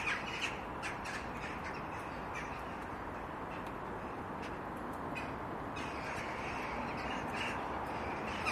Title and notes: untitled [jackdaws] by Jimmy Kipple